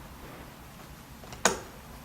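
A metal hinge is pushed into a wooden cabinet door to join the two lazy susan doors together. After low background noise and a faint tick at 1.3 s, a loud sharp click at 1.5 s shows the hinge snapping into place, seated.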